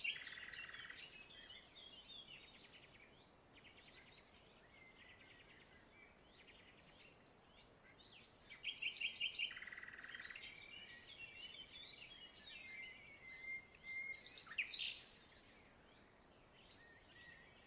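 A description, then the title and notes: Birdsong carries over a steady low hiss of background noise. Bright chirps and trills come in scattered bursts, loudest around nine seconds and again near fifteen seconds, with quieter calls in between. Several birds seem to overlap. Birdsong Sounds.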